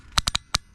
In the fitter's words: Oh, locks into place. So the bottom one locks into place,